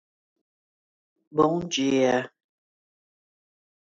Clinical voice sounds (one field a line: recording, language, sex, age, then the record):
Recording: spoken sentence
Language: Brazilian Portuguese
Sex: female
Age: 60 to 69 years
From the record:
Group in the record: control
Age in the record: 62 years